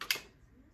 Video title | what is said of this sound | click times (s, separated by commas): The iCandy Peach 2020 & Joie iLevel Bundle Deal | You might have picked that up, not sure, and that means that the stroller is locked. | 0.0 s, 0.1 s